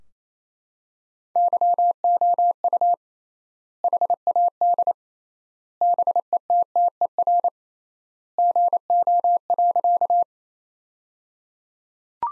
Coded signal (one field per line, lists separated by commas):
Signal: Morse code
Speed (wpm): 27 wpm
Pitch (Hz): 700 Hz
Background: none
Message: YOU HAD BETTER GO.